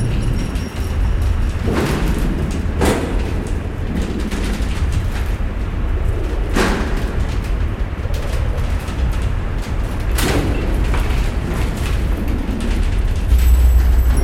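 Banging noises in windy weather: a constant low rumble of wind fills the whole stretch, loud and steady. Sharp bangs cut through it at irregular moments, near 2, 3, 6.5 and 10 seconds, each a short thud with a bright crack.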